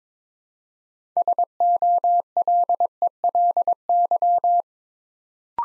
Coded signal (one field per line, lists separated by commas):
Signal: Morse code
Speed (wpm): 22 wpm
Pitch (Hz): 700 Hz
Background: none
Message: SOLELY